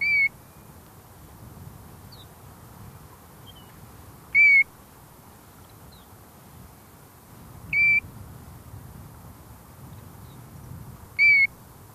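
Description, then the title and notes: European Golden Plover calls, a few steady whistles spaced several seconds apart, with faint thin notes in between. "Viikon luontoääni: Kapustarinta. Asko Hauta-aho"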